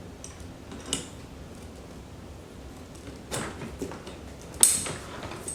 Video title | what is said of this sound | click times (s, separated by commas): This is THE ONE! - Halo BassiNest Luxe Series | hear that snap in oh | 4.6 s